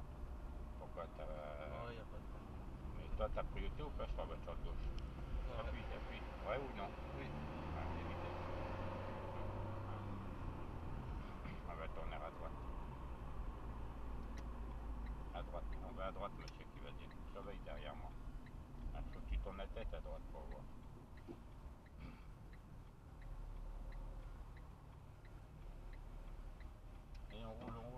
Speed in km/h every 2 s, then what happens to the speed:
33, 31, 30, 37, 52, 50, 46, 37, 30, 25, 20, 19, 18, 17.
0-5 steady at about 31. 5-9 speeds up to 52. 9-20 slows to 20. 20-28 steady at about 18.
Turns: none.